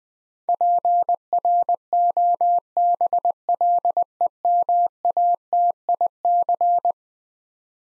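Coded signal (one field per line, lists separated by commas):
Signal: Morse code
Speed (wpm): 20 wpm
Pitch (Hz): 700 Hz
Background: none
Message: PROBLEMATIC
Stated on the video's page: Morse head-copy drill of eleven-letter words at 20 wpm, each word sent twice.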